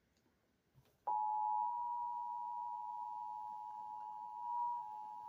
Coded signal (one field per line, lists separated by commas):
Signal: Emergency Alert System (SAME) tones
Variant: 853 and 960 Hz attention tone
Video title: EAS Alerts from July 30 - 31 2024 SWO KHB59 Beaver CH12